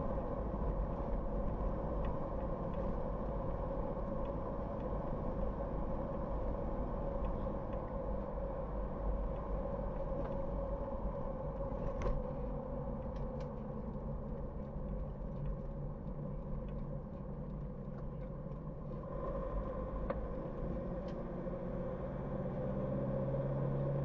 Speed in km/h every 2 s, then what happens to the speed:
66, 66, 66, 65, 64, 61, 55, 43, 36, 34, 36, 41.
0-9 steady at about 66. 9-18 slows to 34. 18-24 speeds up to 41.